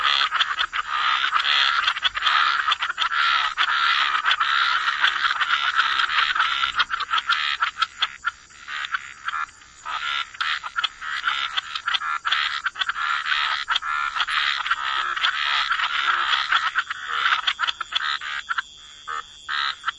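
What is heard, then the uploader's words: A dense frog chorus fills the whole clip with rapid, overlapping clicking croaks in a bright, mid-to-high register. The calling stays thick and continuous for the first seven seconds, then turns more broken, with brief dips and pauses between bursts. Frog Chorus: Soothing White Noise for Sleep. Soothing white noise with frogs. Calming frog sounds.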